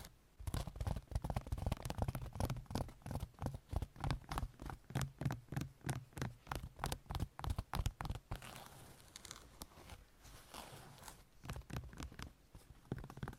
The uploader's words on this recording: ASMR Sleep Triggers - Brain Melting Scratching , Tapping , Massage Long Nails No Talking.